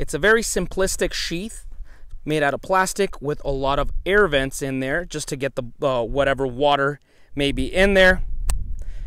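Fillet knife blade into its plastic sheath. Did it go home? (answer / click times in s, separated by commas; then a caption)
yes / 8.5 s. A man talks about a simple plastic sheath with many air vents to let water drain out. A fillet knife is then pushed into the sheath and locks in with a sharp snap at 8.5 s, seating firmly, followed by a faint tick.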